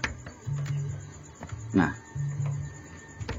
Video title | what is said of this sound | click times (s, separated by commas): #15 Instal windows 11 motherboard H61 KYO | untuk mengancing RAM dia gak bunyi klik Nah | none